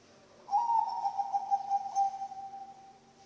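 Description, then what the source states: Zebra dove cooing, a single vibrant, pulsating phrase holding one pitch for roughly two and a half seconds, then fading away. Bangkok-type zebra dove (perkutut) song, used for training other birds (masteran) and as a lure (pancingan).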